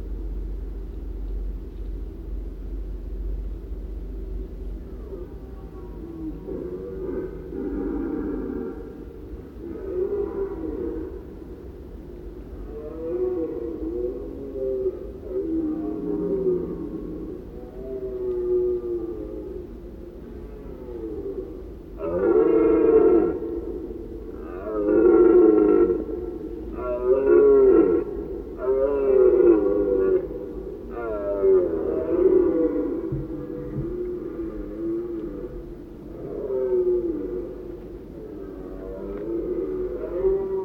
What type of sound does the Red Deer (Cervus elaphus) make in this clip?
call